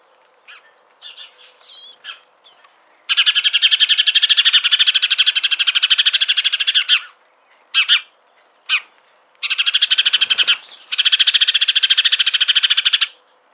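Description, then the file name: House sparrow giving long, harsh, rapid rattling chatters lasting several seconds, separated by a few short sharp chirps and brief silences. "Passer domesticus"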